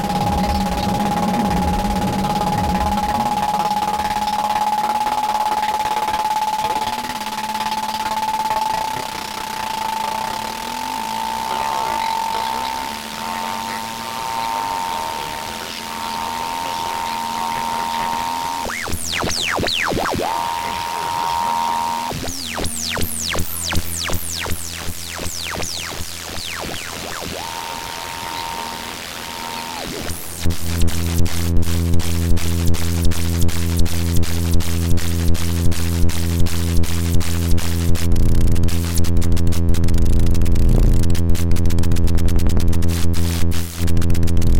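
Radio noise tuned during a lunar eclipse: a steady whistling tone with a low hum runs through the first twenty seconds, then rising sweeps and bursts of crackle break in. From about thirty seconds a loud, dense buzzing drone takes over, with rapid ticking clicks.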